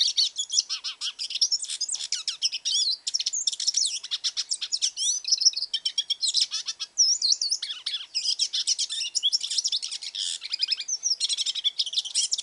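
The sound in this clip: Hooded siskin singing a continuous, rambling twitter of high chirps, buzzes and quick slurred whistles throughout.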